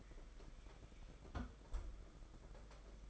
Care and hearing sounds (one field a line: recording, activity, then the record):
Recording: daily activity, microphone in the room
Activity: close fridge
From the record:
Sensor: 5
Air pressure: 992.0 hPa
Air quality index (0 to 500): 200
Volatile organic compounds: 1000 ppm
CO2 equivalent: 5765 ppm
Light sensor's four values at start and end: 30/101/38/40 and 29/102/37/40